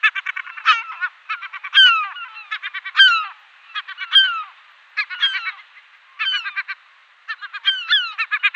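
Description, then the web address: European herring gull calls: bursts of fast, chattering laugh-like notes alternating with falling, strident cries, repeated in several bouts with short pauses. "European Herring Gull"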